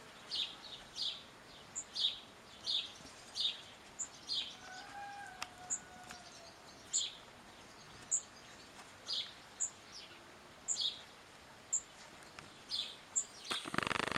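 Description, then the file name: House sparrow calls: a steady series of chirps with high pips between, ending in a burst of noise. "Passer domesticus"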